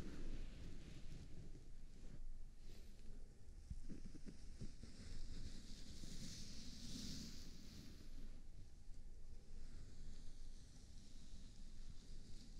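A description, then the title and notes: Muffled rubbing and scratching of ears being cleaned and massaged, with a thick, steady low rumble throughout. A brighter, hissing swell of friction rises around the middle, near seven seconds, then settles back into the continuous soft scraping. ASMR CLEANING AND MASSAGING YOUR EARS (NO TALKING).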